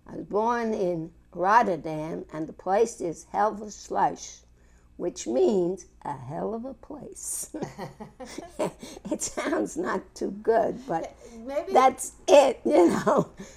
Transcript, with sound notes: I was born in Rotterdam and the place is Hellevoetsluis, which means "a hell of a place." (They both laugh.) It sounds not too good but that's it, you know.